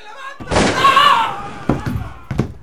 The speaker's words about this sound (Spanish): ¡Disparando al aire! ¡Tiran a matar! ¡Corred!